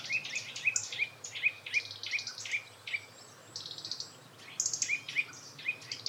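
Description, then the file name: Eurasian nuthatch calls, short clear notes repeated in series at a steady mid-high pitch, with a pause partway, and busy high chattering and twittering from other birds above. "Sitta europaea"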